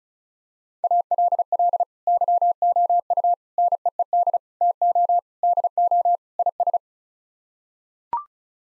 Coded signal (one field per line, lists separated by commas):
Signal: Morse code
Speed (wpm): 34 wpm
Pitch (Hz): 700 Hz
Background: none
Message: ALL YOU NEED TO DO IS